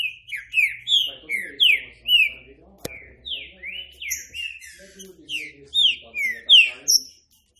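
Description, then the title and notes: Green-winged saltator giving repeated whistled notes in quick succession, each sliding downward. A single sharp click is heard midway. Classic song style (canto clássico) of the trinca-ferro, presented as a training recording. "Canto Clássico Trinca Ferro TREINAMENTO. trinca fero"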